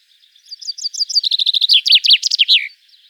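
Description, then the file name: Common chaffinch song: a quick run of high chipping notes that speeds up, then drops into a louder descending flourish, then silence. "Fringilla coelebs"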